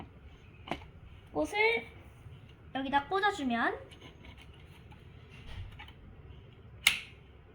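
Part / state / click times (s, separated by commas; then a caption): cable connector into motherboard or graphics card socket / seated / 6.9 s. A data or power cable plug is pushed into its socket on a motherboard or graphics card while someone talks. It latches with a sharp click at 6.9 seconds, and the connector is seated.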